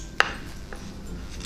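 The second plastic clip of a chassis part is pressed into the frame of an N-scale BR 221 (V 200) diesel model locomotive during its digital conversion. It snaps home with a loud, sharp click at 0.2 s, followed by faint softer ticks around 0.7 s and 1.5 s. The part is seated.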